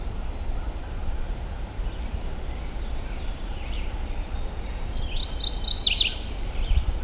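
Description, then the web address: Mourning warbler song, a short burst of rich, rolling chirped notes near the end, over a steady low rumble of background noise. Recorded in Michigan on 3 June 2008. "Michigan Bird Songs Oporornis philadelphia 20080603"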